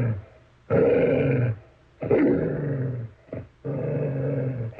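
Dog growling in repeated low rumbles, three long growls and one short one, separated by brief pauses.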